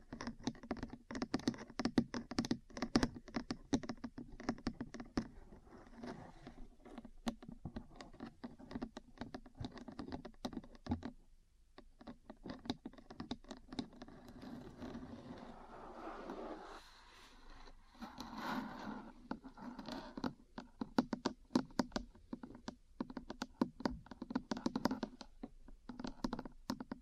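Small metal parts tap and click in quick, irregular bursts, dense and rattly like typing, with a steady low ring underneath. Around eleven seconds the tapping stops briefly, then softer scratching and scraping fills the middle before the rapid clicking returns.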